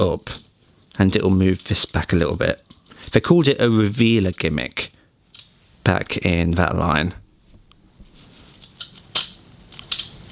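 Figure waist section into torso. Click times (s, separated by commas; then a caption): 9.9 s. Someone talks while transforming a plastic action figure, then pushes the waist section down into the torso, with a few small plastic clicks around 8.6 to 9.8 seconds. The waist snaps into place with a sharp click at 9.9 seconds, raising the head and collar into position.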